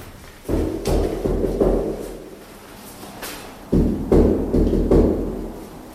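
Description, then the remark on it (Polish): Someone knocks on a door with an agreed signal, in two rounds of several firm, hollow thuds each, with a short pause between rounds. The door does not open, and no voice or reply follows. “Niestety nawet na umówiony sygnał nie otwierają się drzwi.”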